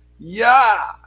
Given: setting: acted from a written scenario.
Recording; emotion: vocal sound without words; triumph